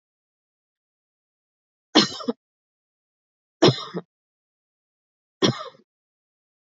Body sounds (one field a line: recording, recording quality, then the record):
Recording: heavy voluntary cough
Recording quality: excellent, no background noise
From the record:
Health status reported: exposed to COVID-19, no respiratory illness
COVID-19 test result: negative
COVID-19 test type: RT-PCR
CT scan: not taken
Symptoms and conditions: sore throat, another condition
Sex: female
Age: 37 years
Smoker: no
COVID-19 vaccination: both doses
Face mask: not worn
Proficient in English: yes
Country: India